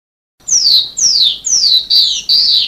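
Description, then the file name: Sanma bird giving five loud, high whistled notes, most sliding downward, about half a second apart. "suara burung sanma"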